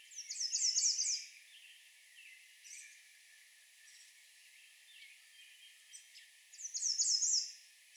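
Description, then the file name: American redstart giving two songs about six seconds apart, each a brisk series of high, sharp, sibilant notes, with faint scattered notes in between. Recorded on 20 June 2020. "2020-06-20 American Redstart"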